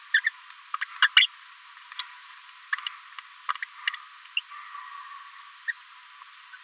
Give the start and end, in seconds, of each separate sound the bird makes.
0.14-0.20, 0.26-0.29, 0.74-0.76, 0.81-0.84, 1.02-1.08, 1.17-1.27, 1.99-2.03, 4.37-4.40, 5.68-5.72